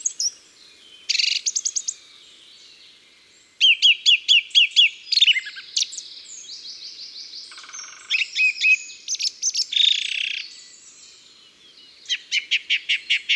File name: Grive muscienne Chants doiseaux dans la campagne